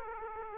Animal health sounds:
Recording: mosquito wingbeat signal from an infrared sensor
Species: Aedes aegypti

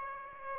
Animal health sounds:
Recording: mosquito wingbeat signal from an infrared sensor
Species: Aedes aegypti

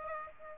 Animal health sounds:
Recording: mosquito wingbeat signal from an infrared sensor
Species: Aedes aegypti

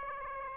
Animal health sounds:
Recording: mosquito wingbeat signal from an infrared sensor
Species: Aedes aegypti

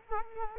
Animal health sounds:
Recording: mosquito wingbeat signal from an infrared sensor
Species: Culex quinquefasciatus

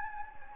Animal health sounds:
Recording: mosquito wingbeat signal from an infrared sensor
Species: Anopheles gambiae

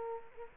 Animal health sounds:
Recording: mosquito wingbeat signal from an infrared sensor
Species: Culex quinquefasciatus

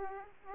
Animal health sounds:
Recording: mosquito wingbeat signal from an infrared sensor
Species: Aedes aegypti

